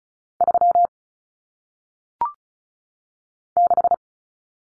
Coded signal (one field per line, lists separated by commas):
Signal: Morse code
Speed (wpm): 34 wpm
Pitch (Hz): 700 Hz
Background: none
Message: 3 6